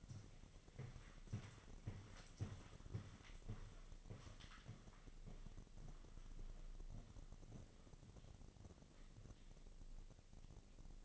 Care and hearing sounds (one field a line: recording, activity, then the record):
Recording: daily activity, microphone in the room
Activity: walk to room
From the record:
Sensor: 4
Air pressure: 1000.3 hPa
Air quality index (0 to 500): 210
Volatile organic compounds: 20 ppm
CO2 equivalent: 2704 ppm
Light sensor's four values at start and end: 9/20/8/7 and 9/21/8/8